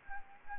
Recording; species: mosquito wingbeat signal from an infrared sensor; Anopheles gambiae